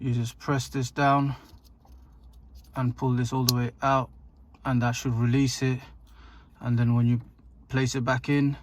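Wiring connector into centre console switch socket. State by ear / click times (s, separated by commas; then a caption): not seated / none. Someone talks while handling a wiring connector on the centre console switch of a Ford KA, pressing its tab down and pulling it all the way out of its socket before placing it back in. A few faint ticks of handling are heard between the talk. Nothing has seated or clicked yet.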